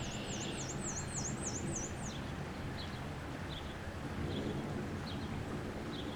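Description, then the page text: Black-and-white warbler giving a high, thin string of several wheezy see-saw notes over two seconds; softer chirps follow. Maryland; observation shared via iNaturalist. "Maryland Biodiversity - Black-and-white Warbler ( Mniotilta varia ). Black-and-white Warbler by quintoreal via iNaturalist"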